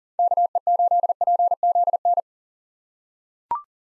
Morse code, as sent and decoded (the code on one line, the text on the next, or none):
-.- . ---.. .--. --.. -.
KE8PZN